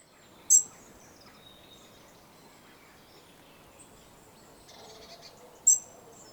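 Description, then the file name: European robin uttering a sharp high call, then about five seconds later another, with faint scratchy notes in between over a steady low hiss. "Erithacus rubecula"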